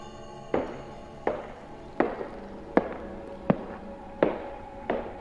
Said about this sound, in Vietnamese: Tiếng bước chân lúc này đang gần, gần dần, cho đến lúc rất rõ.